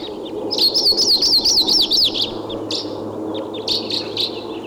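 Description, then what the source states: Red Crossbill (Type 2) calls: short high chirps, with a wavering trill in the first half, over steady low background rumble. Wild Type 2 bird heard coming in, thought to be in the tree right above the truck; recorded with a tape recorder.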